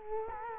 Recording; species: mosquito wingbeat signal from an infrared sensor; Culex quinquefasciatus